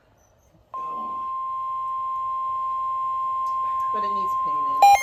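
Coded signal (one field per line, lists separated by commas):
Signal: Emergency Alert System (SAME) tones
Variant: 1050 Hz attention tone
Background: speech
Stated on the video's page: Real alerts from the northeast's first major severe weather event of the year.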